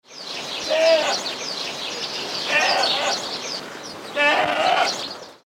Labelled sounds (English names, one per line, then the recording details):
Domestic Goat
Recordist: Tembrock, Günter
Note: Weibchen: Laute vor der Fütterung